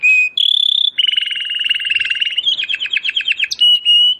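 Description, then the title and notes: Domestic canary song opening with steady whistled tones, then a rolling trill and choppy repeated notes, ending on level whistles. Belgian canary singing; labelled 'Campainha'. "Canário Belga Campainha Canary Singing. Canario Belga Cantando"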